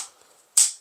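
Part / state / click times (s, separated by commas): flip-up iron sight on an AR pistol's top rail / released / 0.6 s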